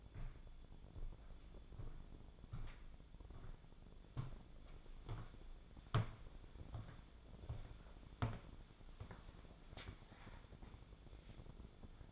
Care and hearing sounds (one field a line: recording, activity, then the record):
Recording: daily activity, microphone in the room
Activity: walk to room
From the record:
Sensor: 5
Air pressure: 1000.0 hPa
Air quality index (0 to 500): 90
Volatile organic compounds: 1 ppm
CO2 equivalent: 736 ppm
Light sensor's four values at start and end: 383/955/400/451 and 460/1052/472/559